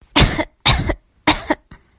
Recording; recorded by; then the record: voluntary cough; messaging app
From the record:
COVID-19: negative